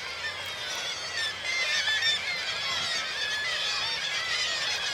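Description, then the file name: Gulls calling in a large noisy flock, overlapping squealing and yelping cries throughout, with a steady low background wash. Large group of gulls at a marina. "birds seagulls large group marina water lapping"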